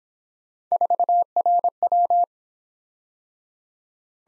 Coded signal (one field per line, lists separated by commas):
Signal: Morse code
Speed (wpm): 26 wpm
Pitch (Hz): 700 Hz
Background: none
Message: 4RW